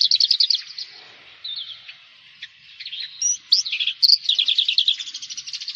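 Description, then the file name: Javan bush lark song with rapid trilled bursts at start and end, scattered whistled and buzzy notes in between. "suara burung branjangan jawa"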